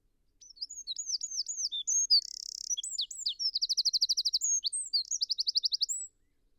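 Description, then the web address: Eurasian wren singing one continuous high, fast phrase of sharp chirps, a buzzy rattle and rapid rolling trills lasting about six seconds. "SETE Troglodytes troglodytes"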